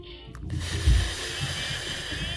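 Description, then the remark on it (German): A patient breathes out at a doctor's request after a deep breath in: a long, steady breath pushed out in a soft, airy hiss that begins abruptly and stays fairly even for about two seconds, with a faint low thump early on. “Ausatmen.”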